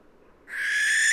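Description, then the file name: Western barn owl screech beginning abruptly midway, a harsh noisy hiss swelling in loudness until the end. "Western Barn Owl Tyto alba"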